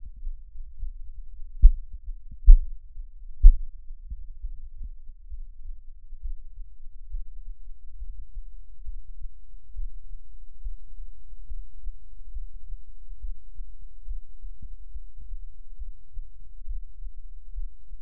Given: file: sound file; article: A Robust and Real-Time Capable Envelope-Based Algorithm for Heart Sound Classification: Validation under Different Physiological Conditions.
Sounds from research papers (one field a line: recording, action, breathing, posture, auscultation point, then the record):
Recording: heart sounds by electronic stethoscope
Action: rest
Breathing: normal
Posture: lying on right side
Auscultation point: Erb’s point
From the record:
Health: healthy, no known heart disease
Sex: male